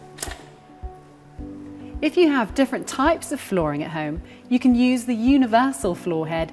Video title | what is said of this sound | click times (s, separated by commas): Tips On Using Miele Blizzard CX1 Vacuum Cleaner | and allow it to click into place | 0.2 s